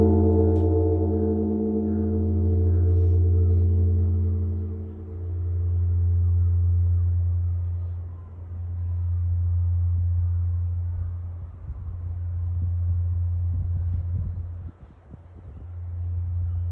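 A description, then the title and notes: A deep temple bell hums with a long, low tone that swells and fades in slow waves every three to four seconds. Higher overtones die away within the first few seconds. Faint scattered knocks and soft movement sounds appear near the end. Morning Begins at Zojo-ji Temple. Zojo-ji Temple, the head temple of the Jodo sect of Buddhism, located beside Tokyo Tower. Urban Soundscape Tokyo.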